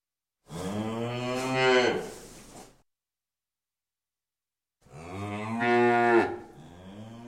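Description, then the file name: Cow giving two long, deep, rich moos that swell and then fade, separated by about two seconds of silence. "Sound Ideas 2000 Series. Cow Moo"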